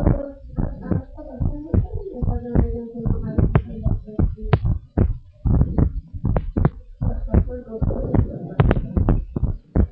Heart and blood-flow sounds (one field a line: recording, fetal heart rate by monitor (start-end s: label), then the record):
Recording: heart sounds of a pregnant woman by stethoscope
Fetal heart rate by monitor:
no fetal heartbeat
From the record:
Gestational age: 36 weeks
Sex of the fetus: boy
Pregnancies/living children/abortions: 2/1/0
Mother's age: 34 years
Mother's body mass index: 25.2